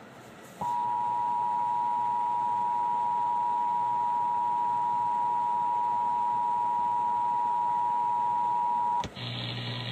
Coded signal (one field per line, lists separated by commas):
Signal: Emergency Alert System (SAME) tones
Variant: 853 and 960 Hz attention tone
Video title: Emergency Alert System